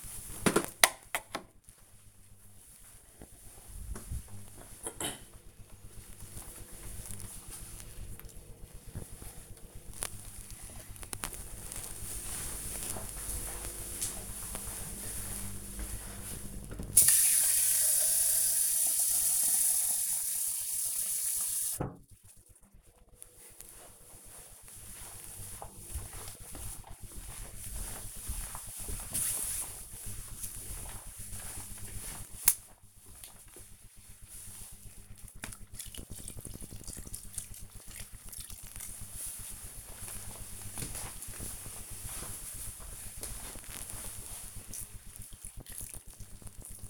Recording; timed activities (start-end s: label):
household activities, microphone on the right wrist
9.26-46.90 s: watering plant